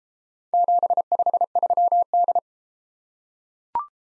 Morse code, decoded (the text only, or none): 753D